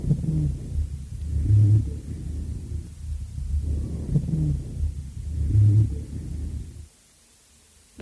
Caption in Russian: По мере разрешения приступа увеличивается количество выделяемой с кашлем мокроты, которая начинает смещаться из мелких бронхов в более крупные. На фоне жесткого дыхания и уменьшающегося количества сухих свистящих хрипов над легкими начинают выслушиваться сухие басовые, гудящие или жужжащие хрипы.